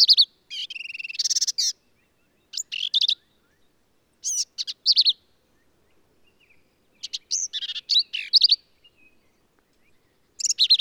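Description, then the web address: Black-capped vireo with scratchy, buzzy phrases and abrupt slurred whistles, sung in groups separated by silent pauses. "birdsongforthecurious Black-capped Vireo"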